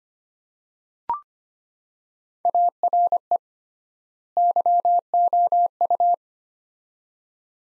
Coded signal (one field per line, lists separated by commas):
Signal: Morse code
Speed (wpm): 25 wpm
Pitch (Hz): 700 Hz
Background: none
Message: ARE YOU